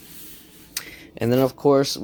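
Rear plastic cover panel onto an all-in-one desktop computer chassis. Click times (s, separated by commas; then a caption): 0.8 s. A rear plastic cover panel on a Lenovo IdeaCentre 510A-15ICB all-in-one desktop computer chassis has its bottom hooks set into the slots, is swung up, and is pressed closed. After a faint rubbing, a sharp click at 0.8 s shows the cover seating into place. Someone then talks.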